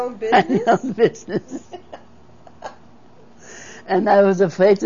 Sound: they laugh

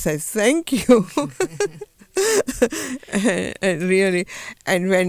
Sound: she laughs

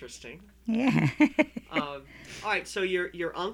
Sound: she laughs

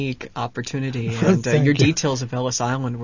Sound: he laughs

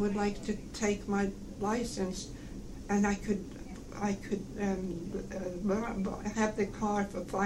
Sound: none

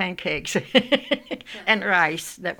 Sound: she laughs

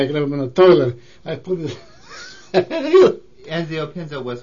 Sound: laughter

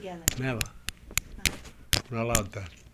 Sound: disturbance to the microphone

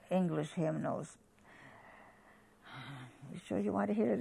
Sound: sighs

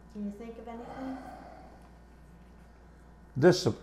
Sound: he sighs

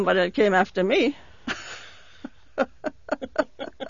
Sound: they laugh

